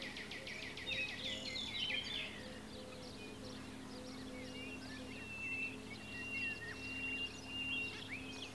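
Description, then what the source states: Birds calling: a burst of chattering notes early, then thin whistles and scattered chirps over constant background noise. Recorded at Comacchio lake.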